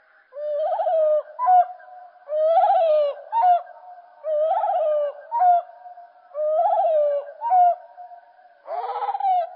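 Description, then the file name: Common blackbird song slowed, four near-identical low fluted phrases roughly every two seconds, each with a brief higher end note, finishing in a harsh buzzy burst. Slowed down. "Merle Et Merle Au Ralenti Merle noir ralenti"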